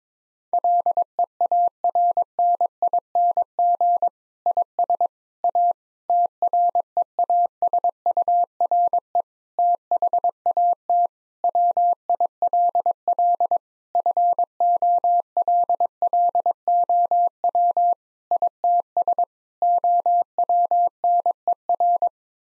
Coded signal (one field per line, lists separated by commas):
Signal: Morse code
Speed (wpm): 22 wpm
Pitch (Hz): 700 Hz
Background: none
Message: LEARNING IS A TREASURE THAT WILL FOLLOW ITS OWNER